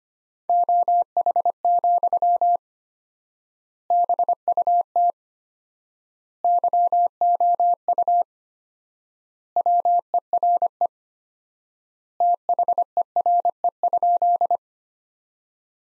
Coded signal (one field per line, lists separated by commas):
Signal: Morse code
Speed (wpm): 25 wpm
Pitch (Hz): 700 Hz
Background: none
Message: OH, BUT YOU WERE THERE?